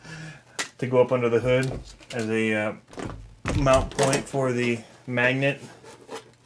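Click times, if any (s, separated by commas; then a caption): none. Someone talks while handling a JLB 21101 RC truck body, fitting it toward a magnet mount on a 2x4 hanger up under the hood at the front. Only speech is heard; the body has not clicked onto the magnet yet, and nothing has seated.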